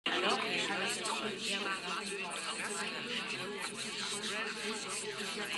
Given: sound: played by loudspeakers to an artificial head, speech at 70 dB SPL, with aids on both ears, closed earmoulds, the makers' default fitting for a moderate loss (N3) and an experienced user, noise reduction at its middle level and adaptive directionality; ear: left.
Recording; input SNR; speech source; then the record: speech test signal (ISTS) in cocktail-party noise; -6 dB; on the right (90 degrees)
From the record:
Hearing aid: class 1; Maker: E